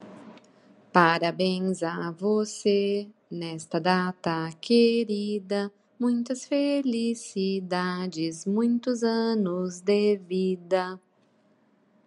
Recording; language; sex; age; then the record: short text; Brazilian Portuguese; female; 30 to 39 years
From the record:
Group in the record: control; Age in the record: 37 years